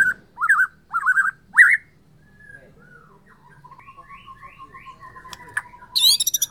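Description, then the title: White-rumped shama singing several loud looping whistled phrases, then softer notes and a quiet trill, ending with a burst of high sharp notes. Borneo type. "MURAI BORNEO"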